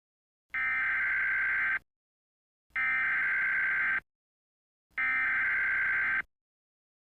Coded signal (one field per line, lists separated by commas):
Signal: Emergency Alert System (SAME) tones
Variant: header bursts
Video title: THE SECOND SUN (a mini-EAS supernova scenario)